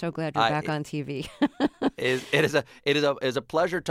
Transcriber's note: laughter